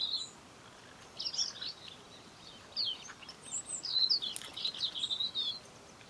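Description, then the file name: European robin giving scattered high twittering notes, then a longer run of tinkling warbled phrases in the second half. "Erithacus rubecula"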